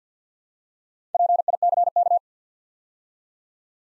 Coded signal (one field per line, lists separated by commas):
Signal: Morse code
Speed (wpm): 50 wpm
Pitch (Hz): 700 Hz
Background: none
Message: PICK